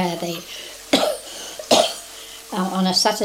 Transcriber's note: coughs